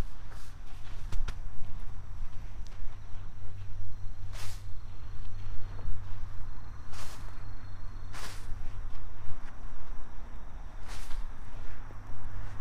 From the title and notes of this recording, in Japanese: 秋の、日が暮れ始めた16時過ぎ、ニンニクの定植。穴あきマルチに棒で穴を開け、1片ずつニンニクを入れたあと、土をかけていく。秋の夕方 ニンニクの定植。